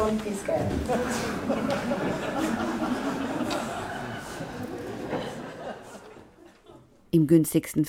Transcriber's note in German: lachen im Publikum